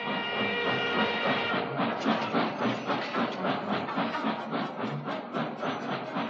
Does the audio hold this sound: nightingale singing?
no